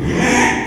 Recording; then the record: squeal of a Yucatan mini pig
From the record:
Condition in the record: after surgery on the right vocal fold (resection and tissue-engineered implant); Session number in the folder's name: 3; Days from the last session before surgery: 33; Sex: male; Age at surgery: 12 weeks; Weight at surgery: 13 kg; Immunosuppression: cyclosporine, prednisolone